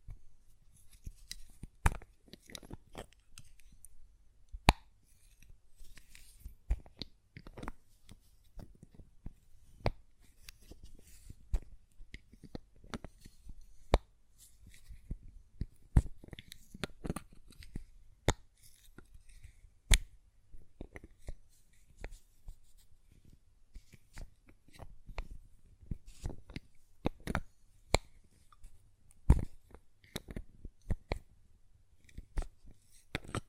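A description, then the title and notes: Glass perfume bottles are tapped and their lids handled, producing a steady stream of sharp, bright clicks and clinks. The taps come irregularly, often in quick clusters, with a few louder knocks scattered throughout and a faint low hum underneath. ASMR Glass Perfume Bottle Tapping & Lid Sounds (No Talking).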